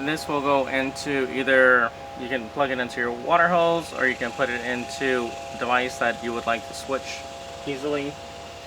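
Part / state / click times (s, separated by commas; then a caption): male hose adapter into female garden hose quick connector / not seated / none. A plastic male hose adapter from an Eden 93218 quick release kit with shut-off valve and water stop & lock feature is handled near the female garden hose quick-release connector it pushes into, while someone talks over a steady background hum. The clip ends before the adapter is pushed home, so nothing has seated or clicked yet.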